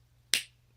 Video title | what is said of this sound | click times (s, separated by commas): T-Review 7- Iron Army T-35 and J7 Shinden | There you go, snaps right in. | 0.3 s